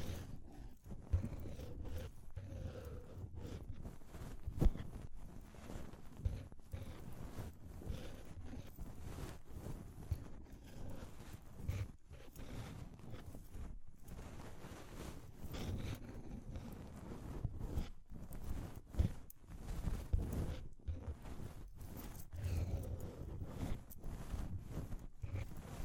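Tapping and scratching sounds, as in ear cleaning, run continuously with dense, irregular taps and rubbing strokes throughout. The sound is mostly low and muffled, with frequent short clicks and brief sharper knocks near five, twenty and twenty-two seconds.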